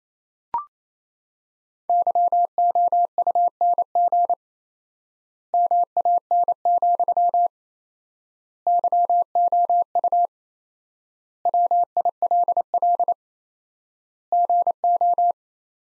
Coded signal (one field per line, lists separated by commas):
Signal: Morse code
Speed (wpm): 28 wpm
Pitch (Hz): 700 Hz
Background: none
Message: YOUNG MAN, YOU WILL GO